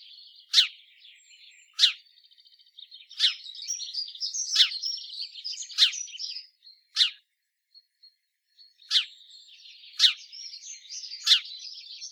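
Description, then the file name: House sparrow chirps: loud, clipped notes roughly every 1.3 seconds over steady twittering chatter, with a brief near-silent gap before the chirping resumes. "Passer domesticus"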